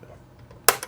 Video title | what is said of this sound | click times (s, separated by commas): Xbox 360 DVD Drive Repair (Not opening or reading disks) | Click. And it'll open up without damage. Just keep tension on it. | 0.7 s